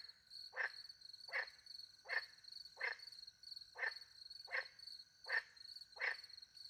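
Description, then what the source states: Frog calling with clipped rasping croaks repeated quickly, nearly every three-quarters of a second, beneath a steady shrill cricket chorus. Frogs with crickets, countryside by night near a little pond, France; microphones hidden in a tree, two Usi pro mics into a Mixpre 10 II recorder.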